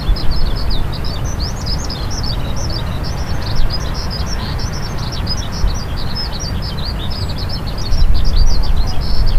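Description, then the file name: Eurasian skylark singing a continuous, fast, twittering high warble without pauses, set against a steady deep rumbling background noise. "hibari"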